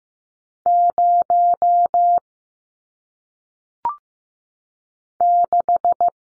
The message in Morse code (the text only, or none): 0 6